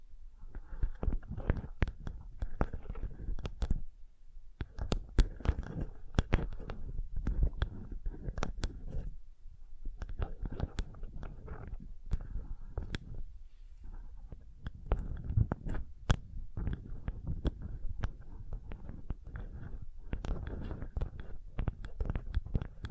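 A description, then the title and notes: Sensitive tapping: quick, uneven taps land several times a second, each a sharp click with a soft low thud beneath. The pace stays busy throughout with brief lulls near 4, 9 and 14 seconds, over a steady low rumble. Sensitive Tapping.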